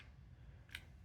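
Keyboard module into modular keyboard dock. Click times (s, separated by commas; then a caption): 0.8 s. A keyboard module, lined up by its pins, is pressed into a plastic modular keyboard dock. Over a low background hum, a single sharp, bright click at 0.8 s marks the module snapping into place, seated in the dock.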